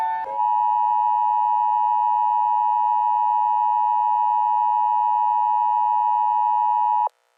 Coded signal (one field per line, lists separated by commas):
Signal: Emergency Alert System (SAME) tones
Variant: 853 and 960 Hz attention tone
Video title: Rating EAS Alarms part 4